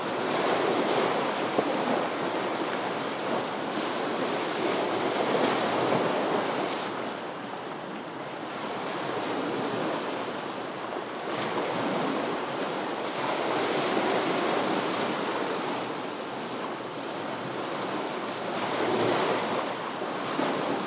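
Waves wash steadily onto a river foreshore, a dense, hissing rush that swells and eases every few seconds, with softer lulls around 7 and 13 seconds. The sound is bright, with little low rumble, and wind buffets the microphone faintly throughout.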